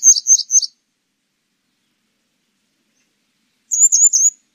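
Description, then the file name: Grey wagtail calls: a short run of three sharp, high metallic notes, then a long silent pause and another triplet of clipped chips near the end. "노랑할미새"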